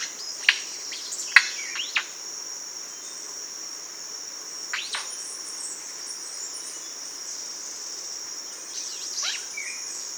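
Bird calls: quick downward-sweeping whistles and short chips, clustered early and late, over a steady high-pitched insect buzz.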